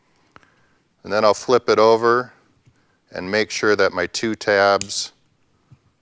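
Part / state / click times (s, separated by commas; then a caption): plastic clutch assembly housing tabs on a window shade clutch / seated / 0.4 s. Two tabs on the top of a plastic clutch housing on an Applause Standard window shade with EasyRise are pressed together and snap into place, giving two small, quiet clicks about 70 ms apart at 0.4 s and 0.4 s. The tabs are seated, and then someone talks.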